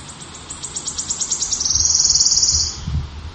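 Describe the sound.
Wood warbler song: evenly spaced high ticks accelerate into a sibilant, shimmering trill, with a few soft low thumps near the end.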